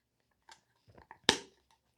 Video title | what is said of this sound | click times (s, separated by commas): Su Türbini Topluyoruz. #sutürbini #yenilenebilirenerji #elektrik | Yes, we heard the click. | 1.3 s